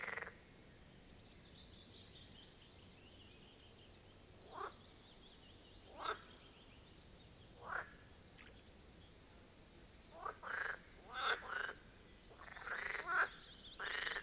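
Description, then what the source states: Marsh frog croaks, sparse at first with single sharp notes every couple of seconds, then thickening into short rattling bursts near the end over a quiet background. Chorus of marsh frogs at the Birkensee in Schönbuch, Germany, recorded on one of the first hot summer days of 2023.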